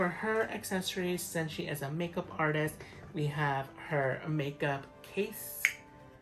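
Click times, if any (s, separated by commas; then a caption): none. Someone talks over background music while handling a small plastic toy makeup case, a doll accessory, working its lid toward the case body. A brief snap-like tap comes near the end, but the lid has not yet locked into place; nothing has seated or clicked yet.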